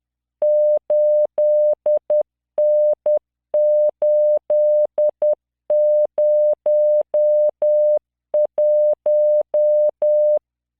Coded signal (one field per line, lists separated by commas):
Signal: Morse code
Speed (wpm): 10 wpm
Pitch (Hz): 600 Hz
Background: none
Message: 8N801